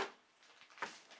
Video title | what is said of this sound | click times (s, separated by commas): SCX10 Magnetic Body Mounts - How To Video | do it all by itself it just snaps into place as long as it's anywhere near you | 0.8 s